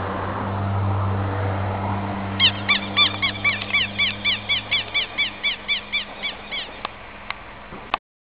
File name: Quero Quero